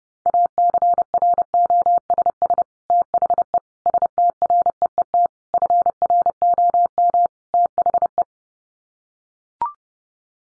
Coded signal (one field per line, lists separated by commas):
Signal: Morse code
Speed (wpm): 30 wpm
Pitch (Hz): 700 Hz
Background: none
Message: ACROSS THE STREET FROM THE